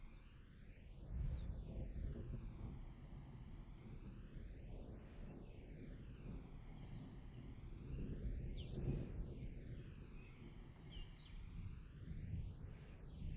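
Summer thunder rumbles low and continuously, with heavier swells near the start and again around nine seconds. Above it, a soft rain-like hiss whooshes in slow, repeating sweeps that rise and fall every few seconds.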